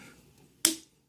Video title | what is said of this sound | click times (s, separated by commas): Glock Tear Down | there's another snap and that's the those are those pins that were uh pin free | 0.7 s